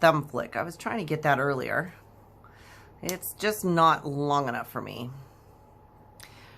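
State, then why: Seated. A woman talks while opening the blade of a Realsteel Griffin folding knife, then the speech stops. At 6.2 s a sharp click sounds as the blade snaps open and locks nicely into place with its button lock.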